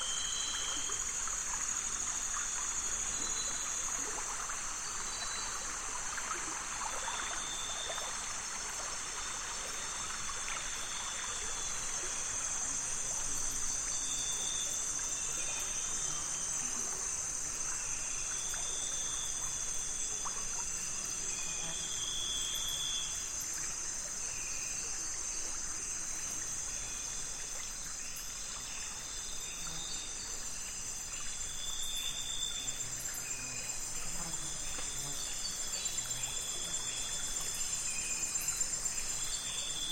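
Nightfall along the Zabalo River in Ecuador, with a steady, dense wash of insect buzzing high and bright throughout. Short repeated chirps and whistles pop up every few seconds, over a soft, constant trickle of moving water underneath.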